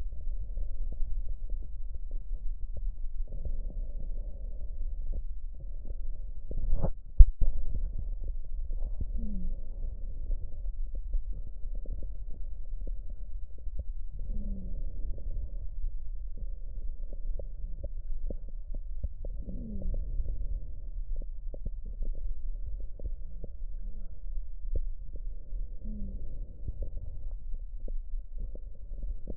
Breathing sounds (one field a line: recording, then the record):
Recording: lung sounds by stethoscope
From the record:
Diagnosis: emphysema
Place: left posterior upper chest